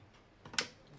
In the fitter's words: You heard the click sound.